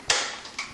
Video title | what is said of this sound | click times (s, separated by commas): Classic Army Magpul M4 MOE Sportline Airsoft Gun Review | clicks into place nicely you just push this button up and that's how you adjust it | 0.1 s, 0.6 s